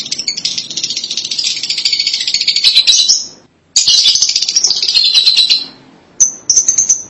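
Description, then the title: Lovebird chatter: a continuous harsh, high twittering stream, a brief gap, more chattering, then a few thin sharp chirps. "BM Suara Burung Lovebird"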